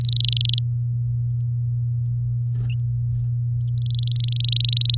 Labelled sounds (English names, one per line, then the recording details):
Domestic Canary song
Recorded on 6 May 2018 at 12:35
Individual llb16